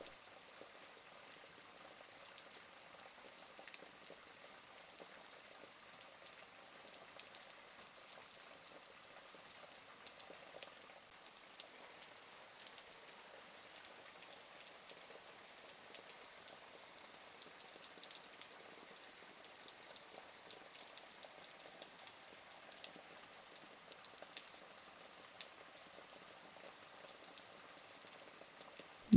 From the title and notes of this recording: Making your way down the rainy, quiet side streets of Tokyo to a late-night sushi bar.